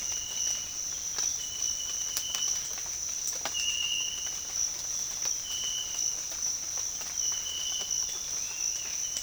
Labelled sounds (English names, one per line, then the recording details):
none
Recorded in dense forest near Puerto Asís, Putumayo, Colombia, on 8 March 2025 at 06:30
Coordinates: 0.484, -76.325
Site G045